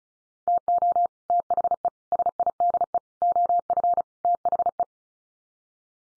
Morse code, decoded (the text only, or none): TO THE SIDE OF THE